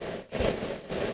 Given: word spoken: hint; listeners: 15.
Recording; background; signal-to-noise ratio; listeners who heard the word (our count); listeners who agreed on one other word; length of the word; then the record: one English word in noise, from a listening test; noise modulated by three-talker babble; -6.5 dB; 2 of 15; 6 of 15; 0.73 s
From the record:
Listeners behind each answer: 6, 2, 2, 2, 1, 1, 1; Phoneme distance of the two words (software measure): 7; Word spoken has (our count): 1 syllable, 4 phonemes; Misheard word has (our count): 1 syllable, 3 phonemes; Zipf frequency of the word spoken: 3.95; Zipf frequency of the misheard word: 5.31